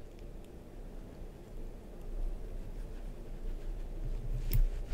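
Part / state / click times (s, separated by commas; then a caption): abutment hex in a dental implant model / seated / 4.5 s. An abutment is pushed down and twisted in an oversized AnyRidge dental implant model, with its hex deliberately mismatched, over a steady low rumble and faint rubbing. At 4.5 s a sharp click sounds as the hex drops into the implant, showing the abutment is seated with the hex engaged.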